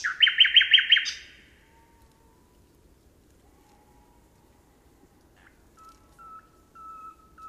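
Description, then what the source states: Common nightingale song: a loud burst of rapid repeated notes for about a second, then near silence with faint thin whistles and a few soft later phrases. 26 June.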